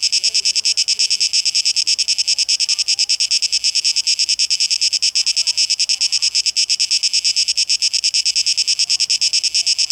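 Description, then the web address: Cicada song, a steady high pulsed buzz at a rapid even rate, with faint soft chirps underneath. Recorded 12 August 2023; tape echo mix. "rauschpartikel Audio 2023-08-12 Zikaden"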